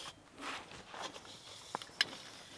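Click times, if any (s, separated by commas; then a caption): none. With a foot held on the leg base, the steel telescoping leg of a Cobizi pop-up gazebo frame is pulled up inside its outer leg tube, the spring latch heading for its locking hole. Soft rustling and sliding noise is broken by a few brief sharp ticks, the strongest near 2.0 s. The clip ends before the leg goes home; nothing has seated or clicked yet.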